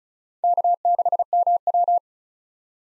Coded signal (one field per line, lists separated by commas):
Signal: Morse code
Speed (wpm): 34 wpm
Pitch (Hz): 700 Hz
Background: none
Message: K6MW